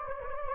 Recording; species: mosquito wingbeat signal from an infrared sensor; Anopheles gambiae